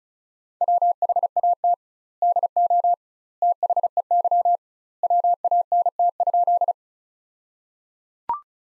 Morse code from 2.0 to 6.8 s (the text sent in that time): DO THEY WANT?